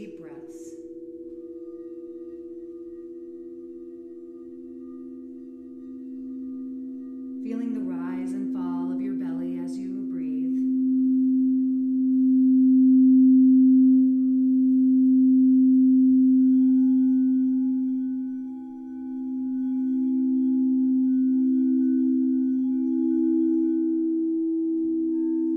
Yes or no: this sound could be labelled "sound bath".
yes